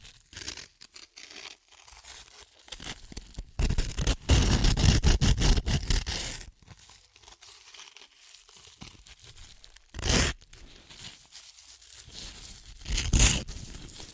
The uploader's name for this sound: Satisfying Chips Crunchy Crushing & Eating Sounds